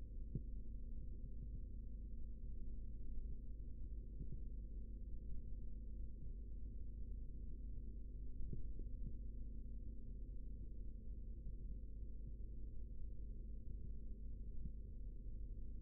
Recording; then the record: forearm muscle sounds (acoustic myography)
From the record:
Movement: rest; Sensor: system 3, bracelet of six PUI Audio POM-2738L microphones around the upper forearm, with dedicated amplification and filtering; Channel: 5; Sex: male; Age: 56 years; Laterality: right